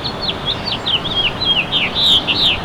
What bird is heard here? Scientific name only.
Haemorhous mexicanus